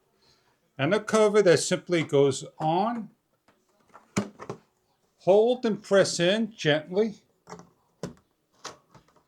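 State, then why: Seated. A plastic cover is pressed gently onto a Hugbow self-watering seed starter tray with grow light, an 80-cell plant starter kit, while someone talks. A few light plastic taps and clicks follow, and a sharp click at 8.0 s marks the cover snapping and locking into place on the tray.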